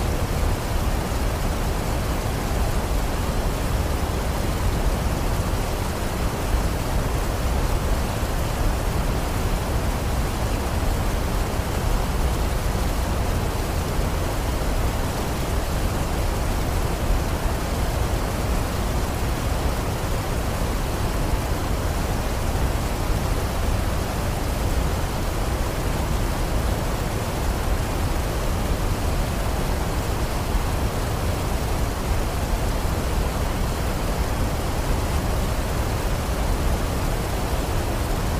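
A waterfall pours in a steady, unbroken rush for the whole stretch, with no pauses or changes in level. The roar is dense and full, weighted toward a deep low rumble with a softer hiss above, and no other sounds stand out.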